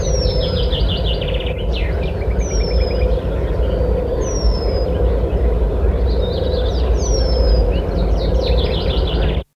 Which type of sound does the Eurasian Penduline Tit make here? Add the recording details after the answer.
call. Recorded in the wild. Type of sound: call. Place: Marchegg, Niederösterreich, AT. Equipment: Halbspur, 9,5 cm/s. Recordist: Lütgens, Hans. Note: Rufe